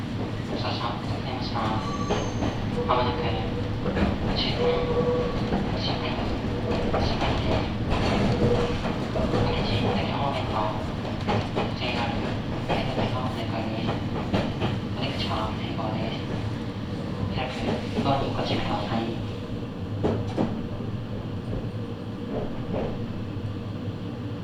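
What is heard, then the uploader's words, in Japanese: A ride aboard a Meitetsu train on the Inuyama and Hiromi lines, the car rumbling steadily with a low, dense roar throughout. Rhythmic clacks and bright rattles pop through often, and brief voices and a few short tones surface between the wheel noise. ガタンゴトンの旅。名古屋鉄道犬山・広見線 江南→布袋→新可児。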